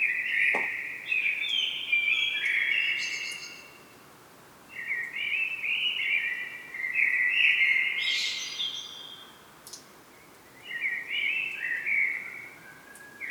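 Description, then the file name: Common blackbird song: three mellow warbling phrases with brief squeaky high flourishes, separated by short pauses. "Turdus merula"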